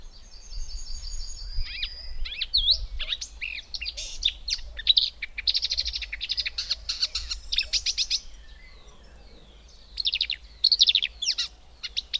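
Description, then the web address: Marsh warbler song: a thin, high, steady whistle, then a busy jumble of chattering, scratchy and trilled notes, with a low rumble of background noise. "Madardalok - Énekes nádiposzáta"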